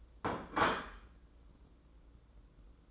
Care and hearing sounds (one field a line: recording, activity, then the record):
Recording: daily activity, microphone in the room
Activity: place plate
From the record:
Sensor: 3